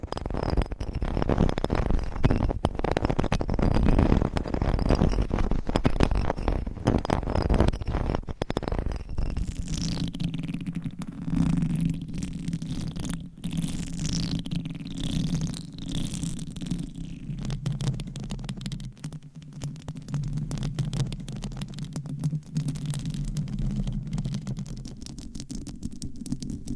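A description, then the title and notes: Dense mic tapping and scratching, rough and loud for the first eight seconds, then softer muffled rubbing over a steady low hum. ASMR Tingly Mic Tapping & Scratching to Help You Fall Asleep No Talking.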